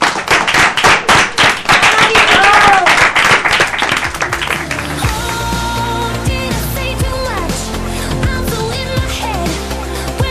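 A sixth-grade class, 6º B, bursts into applause at a school radio workshop, a dense, loud patter of many hands clapping for about five seconds before it gives way to a song with steady instrumental backing.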